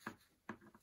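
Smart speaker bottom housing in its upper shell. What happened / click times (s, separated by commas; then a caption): The twist-lock base clicks free / 0.5 s. A Google Nest Mini (2nd Gen) smart speaker is held by its top while its plastic bottom housing is rotated clockwise in the upper shell. After a short sound near 0.1 s, the twist-lock clicks free at 0.5 s, followed by a fainter tick near 0.8 s. The base is released so the halves can be separated.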